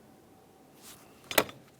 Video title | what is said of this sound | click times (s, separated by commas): How to Replace Throttle Position Sensor 2002-2005 Ford Explorer | Let's reconnect in the throttle position sensor. Listen for a click, give it a tug to make sure it's completely secured. | 1.4 s